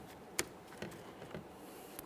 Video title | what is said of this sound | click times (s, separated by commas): How to Replace Front Mirrors 2004-2008 Ford F-150 | Just want to align this. Press it in. Listen for a click. | 0.4 s